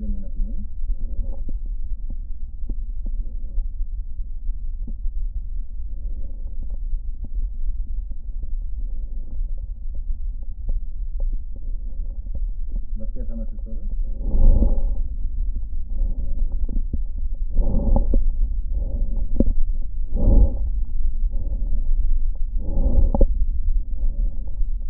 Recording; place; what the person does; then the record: lung sounds by stethoscope; right posterior basal chest; quiet breathing, then deep breathing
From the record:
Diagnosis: interstitial lung disease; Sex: female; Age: 70 years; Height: 160 cm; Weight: 93 kg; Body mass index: 36.3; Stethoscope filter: diaphragm mode